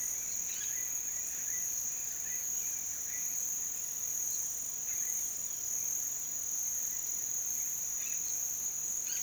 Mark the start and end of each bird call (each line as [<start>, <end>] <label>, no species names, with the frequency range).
[7.92, 9.22] bird call (1.1-5.2 kHz)